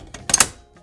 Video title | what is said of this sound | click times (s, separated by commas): We Review The CheyTac Intervention M200 | that one popped in just without a problem at that time great but ultimately | 0.3 s